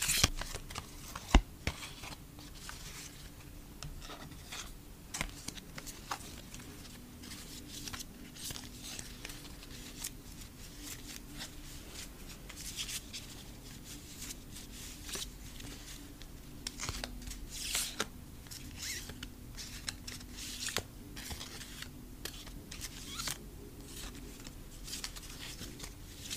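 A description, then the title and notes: Photocards are tapped and handled in quick, irregular clicks and light scrapes throughout, with one sharper knock near the start over a low steady hum. Asmr photocard collection. Photocard tapping. Blue yeti microphone.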